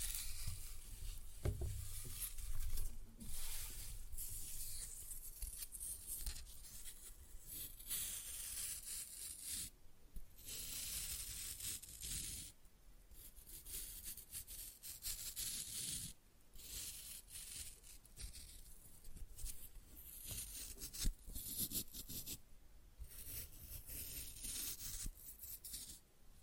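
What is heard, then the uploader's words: Dry floral foam is crushed and crumbled, a dense crackling and gritty rustle with sharper bursts of crunching every few seconds. Floral Foam Glitter Bomb Crushing.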